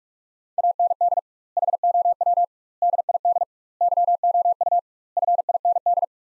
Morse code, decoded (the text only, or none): AND HOW DID YOU FIND